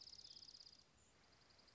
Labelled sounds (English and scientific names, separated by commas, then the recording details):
Dark-eyed Junco (Junco hyemalis)
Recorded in Sonoma County, California